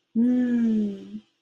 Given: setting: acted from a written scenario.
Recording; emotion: vocal sound without words; ecstasy